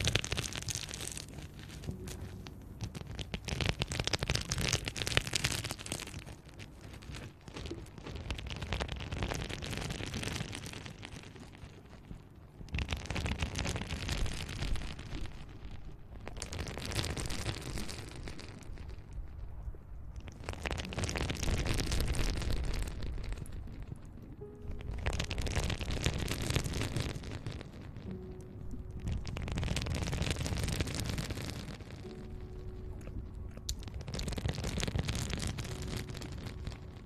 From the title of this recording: Sounds close to the mouth!